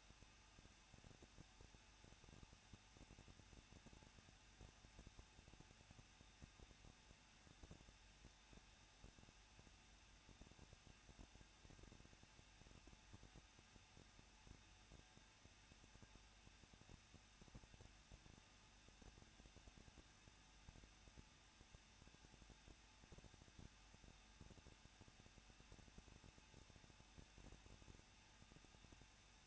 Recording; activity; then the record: daily activity, microphone in the room; no activity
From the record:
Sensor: 2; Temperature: 21.0 degrees Celsius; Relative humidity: 37.5%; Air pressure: 1006.3 hPa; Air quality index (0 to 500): 223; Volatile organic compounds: 25 ppm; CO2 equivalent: 2828 ppm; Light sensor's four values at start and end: 2/3/2/2 and 2/3/2/2